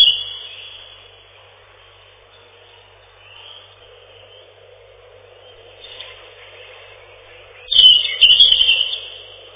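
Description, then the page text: European robin song in short, scattered high twittering phrases with long quiet gaps, the loudest burst near the end, over faint steady background hiss. Song described as a loud ringing trill. "Зарянка, или реполов, или малиновка - Erithacus rubecula"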